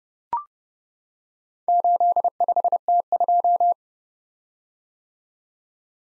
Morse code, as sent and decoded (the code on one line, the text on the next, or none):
---.. ..... - ..---
85T2